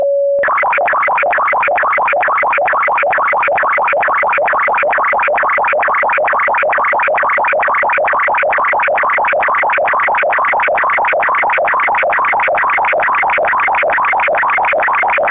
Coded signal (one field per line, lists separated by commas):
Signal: SSTV (slow-scan television)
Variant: Martin 1